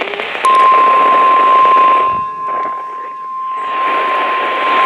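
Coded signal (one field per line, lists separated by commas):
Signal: Emergency Alert System (SAME) tones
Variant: 1050 Hz attention tone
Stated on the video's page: Severe weather EAS alerts received on NOAA weather radio during a week in York Beach, Maine.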